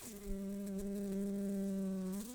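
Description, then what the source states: Brown-banded carder bee buzzing, a steady low droning hum with rich overtones holding one pitch for about two seconds. Workers.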